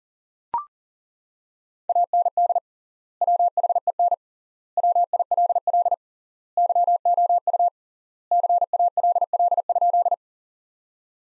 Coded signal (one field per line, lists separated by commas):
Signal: Morse code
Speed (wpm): 37 wpm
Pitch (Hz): 700 Hz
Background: none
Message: AND WHEN WILL YOU CALL?